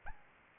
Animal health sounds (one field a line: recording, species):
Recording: mosquito wingbeat signal from an infrared sensor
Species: Anopheles arabiensis